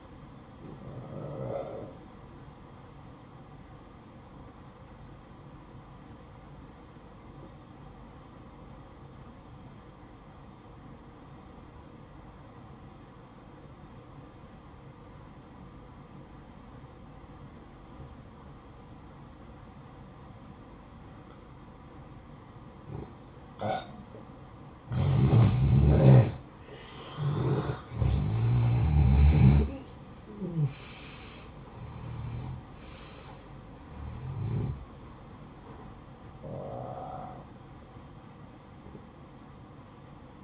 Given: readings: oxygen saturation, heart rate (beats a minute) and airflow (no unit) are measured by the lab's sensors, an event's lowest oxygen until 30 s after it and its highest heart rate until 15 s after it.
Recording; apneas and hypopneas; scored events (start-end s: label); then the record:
breathing in sleep by a smartphone at the bedside; 1
4.00-34.00 s: new sleep stage, N2 (light sleep)
6.00-26.00 s: obstructive apnea (N2, oxygen 95% highest, then 88% lowest, heart rate 56 at the start, 73 highest)
34.00-40.44 s: new sleep stage, N1 (lightest sleep)
From the record:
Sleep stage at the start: N1 (lightest sleep); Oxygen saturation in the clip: 89 to 95%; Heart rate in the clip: 54 to 73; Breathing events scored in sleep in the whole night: 573 in 9.8 hours asleep